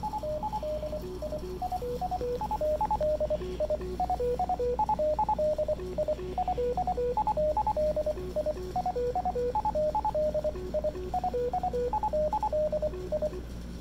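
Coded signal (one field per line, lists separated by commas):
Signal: Morse code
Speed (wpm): 24 wpm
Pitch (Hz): 610 Hz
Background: radio noise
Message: TDI TDI TDI TDI TDI TDI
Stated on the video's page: Morse from a Byonics Micro-Fox MF-15 fox-hunt transmitter with its supplied antenna.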